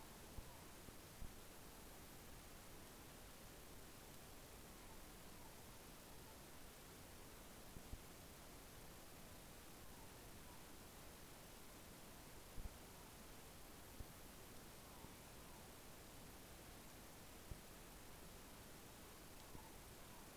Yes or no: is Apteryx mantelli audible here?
no